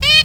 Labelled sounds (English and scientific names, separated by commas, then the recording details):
Zebra Finch (Taeniopygia guttata) distance call
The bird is a female
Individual fem2